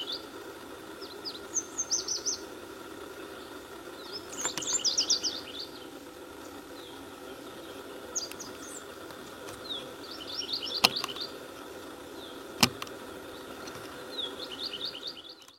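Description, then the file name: Red warbler song: bursts of high, thin chipping trills, each phrase a quick run of sharp notes, given every few seconds over a steady background hum with occasional clicks. "Canto do mariquita vermelha"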